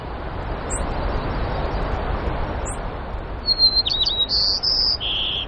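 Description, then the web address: White-crowned sparrow song arriving late: a pure whistle, then a stuttering buzz and a low burry trill, preceded by two brief high chips. Recorded in Denali, Alaska, on the morning of 12 May 2016. "alaska BIRDS DENATOKO 20160512 052310 White-Crowned"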